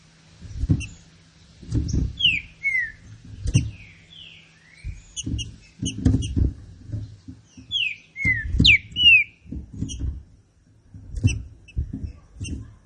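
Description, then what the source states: Green-winged saltator whistling two phrases of falling, slurred notes, accompanied by sharp high clicks and a rhythm of low thudding sounds. Classic song style (canto clássico) of the green-winged saltator, presented as a training recording.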